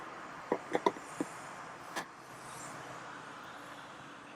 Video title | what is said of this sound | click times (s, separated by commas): 2021 and 2020 Lexus LX Full Tutorial - Deep Dive | then you can snap it into place in the floorboard | 0.9 s